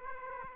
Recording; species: mosquito wingbeat signal from an infrared sensor; Aedes aegypti